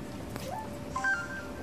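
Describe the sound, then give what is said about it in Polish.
A quiet GG (Gadu-Gadu) instant messenger notification: a few short, clean electronic tones at a medium-high pitch, the last one held a little longer, with no one talking. “wyłącz to GG i do roboty.”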